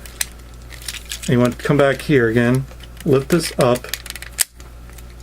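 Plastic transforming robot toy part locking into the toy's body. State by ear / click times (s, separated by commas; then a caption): seated / 4.4 s. Someone talks while transforming a plastic combiner robot toy, lifting a part up so it locks into the toy's body. Small plastic handling clicks and taps come through, and a sharp snap at 4.4 s marks the part seating firmly into its locked position.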